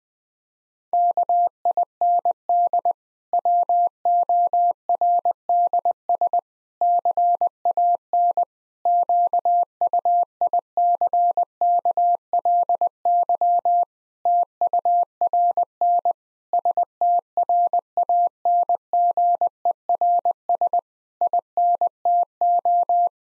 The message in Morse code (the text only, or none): KIND WORDS CAN QUICKLY TURN STRANGERS INTO